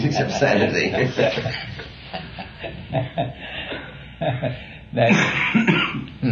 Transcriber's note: laughter